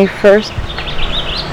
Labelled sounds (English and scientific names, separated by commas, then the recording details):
House Finch (Haemorhous mexicanus) song
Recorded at Patchogue on Long Island, New York, on 21 June 2013
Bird B